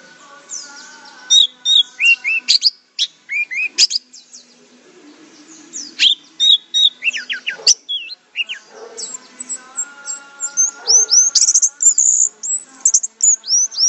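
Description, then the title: Orange-headed thrush singing a varied, continuous medley of high whistles, downslurred notes and quick trills, with a steady faint tone in the background. "Anis Merah"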